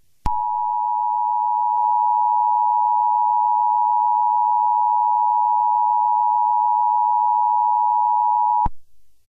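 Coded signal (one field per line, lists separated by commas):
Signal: Emergency Alert System (SAME) tones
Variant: 853 and 960 Hz attention tone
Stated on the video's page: Fictional Fourth of July EAS scenario.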